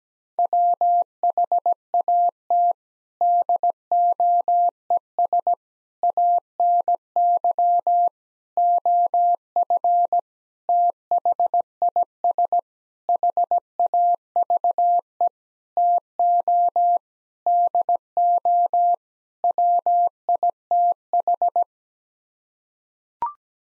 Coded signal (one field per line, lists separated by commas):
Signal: Morse code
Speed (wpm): 17 wpm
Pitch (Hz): 700 Hz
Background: none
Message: WHAT DOES ANY OF THIS HAVE TO DO WITH